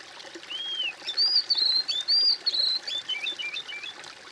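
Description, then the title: Bird song: an arched whistle followed by a fast, jumbled run of twittering and sliding notes. "kOMPILASI suara bird"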